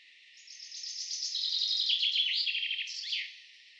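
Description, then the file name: Common chaffinch singing one full phrase: high, cheerful notes running into a faster descending trill and finishing with an emphatic, falling flourish. "Fringilla coelebs"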